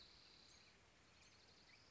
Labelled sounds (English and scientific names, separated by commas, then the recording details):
Spotted Towhee (Pipilo maculatus)
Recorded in Sonoma County, California